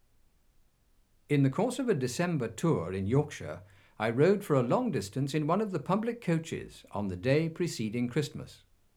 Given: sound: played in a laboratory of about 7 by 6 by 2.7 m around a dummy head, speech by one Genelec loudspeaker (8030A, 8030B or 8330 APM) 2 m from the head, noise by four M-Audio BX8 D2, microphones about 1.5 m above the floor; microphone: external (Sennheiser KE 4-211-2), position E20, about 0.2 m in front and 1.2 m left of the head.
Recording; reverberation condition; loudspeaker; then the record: male speech in English; low; 90 degrees to the left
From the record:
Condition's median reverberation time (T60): about 310 ms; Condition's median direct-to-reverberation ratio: about 3.5 dB